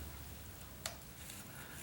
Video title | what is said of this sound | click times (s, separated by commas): How to Install Drip Irrigation for Dummies Made Easy | until it clicks | 0.9 s